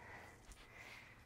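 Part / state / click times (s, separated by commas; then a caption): bungee cord into the rebounder frame's leg holder / seated / 0.5 s. A bungee cord is stretched around the frame of a BCAN mini trampoline (rebounder) at an opposite corner and hooked into the black holder on the frame's leg. It snaps into place with a short, sharp click at 0.5 s over a steady low background, and the cord is seated.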